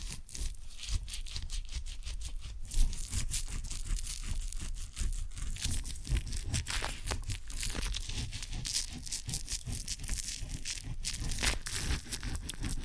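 An ear and scalp massage with cleaning produces dense, continuous rubbing and scratching, packed with quick crinkly, papery strokes that crackle bright. The texture stays busy throughout, with a sharper rub near three seconds and a soft low rumble underneath.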